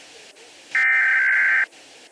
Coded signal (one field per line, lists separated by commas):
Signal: Emergency Alert System (SAME) tones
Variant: header bursts